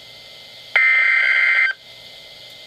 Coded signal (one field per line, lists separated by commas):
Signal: Emergency Alert System (SAME) tones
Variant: header bursts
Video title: EAS #496: Tornado Warning (9/3/2012)